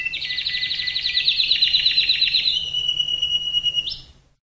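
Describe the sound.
Canary song: a fast buzzy trill that flattens into a long steady whistled note, finishing with a quick upward flick.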